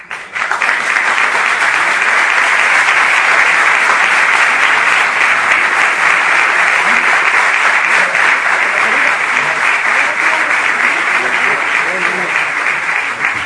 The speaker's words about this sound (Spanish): Fuerte aplauso para ellos.